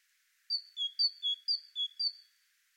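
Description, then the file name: Great tit song with a rhythmic seesaw of alternating higher and lower whistled notes, several phrases repeated evenly. "Parus major"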